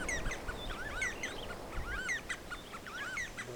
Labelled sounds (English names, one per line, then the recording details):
Superb Starling flight call
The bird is a male
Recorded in Kenya on 10 June 2010
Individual 6, of group CF1